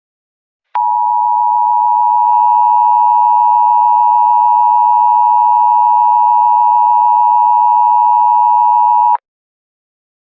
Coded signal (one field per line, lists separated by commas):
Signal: Emergency Alert System (SAME) tones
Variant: 853 and 960 Hz attention tone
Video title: Aries: An EAS Scenario (300 SUBSCRIBER SPECIAL!)